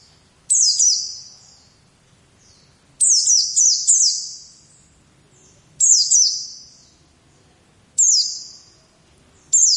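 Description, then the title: White-eye, loud, high, ringing chirp phrases repeated every two to three seconds, with silence between bursts. "Pleci"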